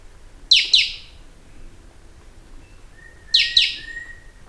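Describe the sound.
Bird calls: two pairs of sharp, high notes sweeping steeply downward, about three seconds apart, with a faint thin whistle.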